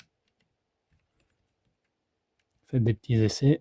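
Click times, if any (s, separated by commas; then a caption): none. A small plastic cover piece is lined up on an Iron Spider-Man model figure body and tried for fit before being pressed home. The handling is nearly silent for the first 2.7 seconds, then someone talks until the end. Nothing has seated or clicked yet.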